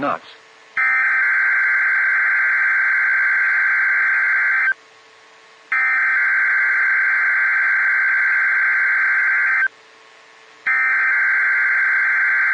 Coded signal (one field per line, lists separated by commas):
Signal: Emergency Alert System (SAME) tones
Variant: header bursts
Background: speech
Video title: 12/29/21 - Last KHB37 Required Weekly Test of 2021 (EAS #327)